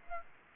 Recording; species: mosquito wingbeat signal from an infrared sensor; Aedes aegypti